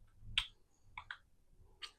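A 3D-printed plastic bevel gear with a dovetail on its back is pushed into its mating slot on the robot, giving sharp clicking contact sounds at 0.4, 1.0 and 1.1 seconds. The gear stops short of fully seating, so the dovetail part is not fully home.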